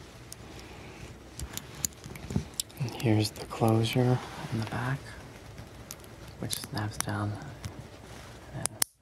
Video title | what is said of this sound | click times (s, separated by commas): Is THIS the WEIRDEST ASMR Channel?! | locks into place | 8.7 s, 8.8 s